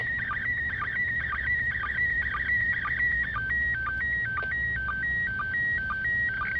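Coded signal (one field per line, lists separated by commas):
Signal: SSTV (slow-scan television)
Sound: warbling, chirpy tone shifting pitch, with regular short low blips about twice a second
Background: radio static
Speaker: we go for that. This is part of the image. That was this the scanner was unfortunately 20 kHz too far.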